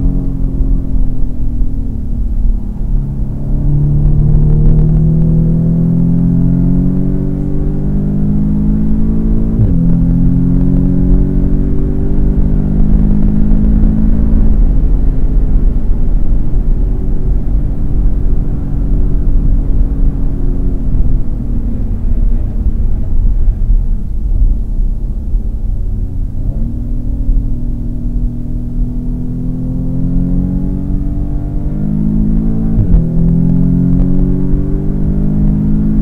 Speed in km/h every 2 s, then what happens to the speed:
86, 81, 94, 111, 127, 145, 162, 154, 143, 140, 120, 83, 72, 64, 69, 80, 99, 118.
3-12 speeds up to 162. 12-25 brakes to 64. 25-36 speeds up to 118.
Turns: 0-6, 22-30.